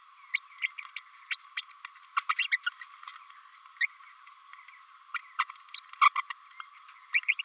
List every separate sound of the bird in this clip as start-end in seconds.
0.34-0.39, 0.96-1.01, 1.31-1.36, 1.71-1.76, 2.16-2.21, 2.29-2.34, 2.38-2.47, 2.51-2.58, 3.81-3.86, 5.14-5.18, 5.39-5.45, 5.74-5.81, 6.01-6.09, 6.15-6.22, 6.30-6.33, 7.28-7.35, 7.39-7.42